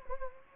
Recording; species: mosquito wingbeat signal from an infrared sensor; Anopheles gambiae